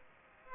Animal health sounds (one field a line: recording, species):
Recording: mosquito wingbeat signal from an infrared sensor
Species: Aedes aegypti